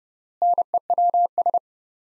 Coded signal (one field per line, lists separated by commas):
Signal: Morse code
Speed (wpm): 32 wpm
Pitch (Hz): 700 Hz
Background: none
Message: NEWS